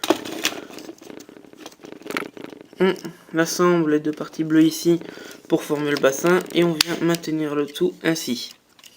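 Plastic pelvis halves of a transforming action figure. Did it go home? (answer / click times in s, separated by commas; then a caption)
no / none. Two blue plastic halves of the pelvis of a Beast Wars Ultra Class Depthcharge transforming action figure are handled and pressed together to form the hips, with a few small plastic taps early on while someone talks throughout. The halves have not yet clipped or seated by the end of the clip.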